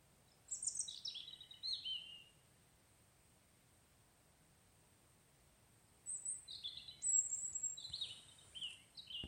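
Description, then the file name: European robin song: two bursts of high, tinkling warbled phrases with descending thin notes, separated by several seconds of quiet. "Erithacus rubecula"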